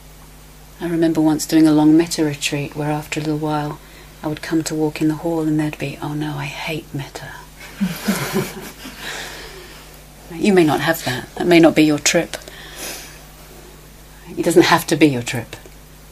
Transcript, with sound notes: I remember once doing a long mettā retreat, where after a little while, I would come to walk in the hall, and there would be, "Oh no, I hate mettā." [laughter] You may not have that. That may not be your trip. It doesn't have to be your trip.